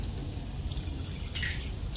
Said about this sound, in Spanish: Estoy todo enjabonado y apenas llega un hilo de agua.